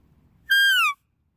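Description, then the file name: Deer call: a single short, bright squeal that holds, then drops in pitch. "Tieng con nai keu"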